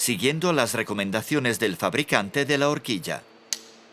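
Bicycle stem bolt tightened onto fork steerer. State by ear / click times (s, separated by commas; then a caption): torque reached / 3.5 s. Bicycle stem clamp bolts on the fork steerer are tightened with an FSA torque wrench to the fork maker's recommended value. Someone talks until about 3.2 s, and then the wrench gives a single sharp click at its setting at 3.5 s.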